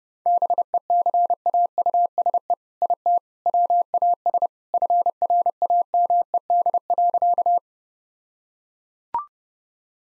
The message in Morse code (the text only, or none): BECAUSE IT WAS FRAMED.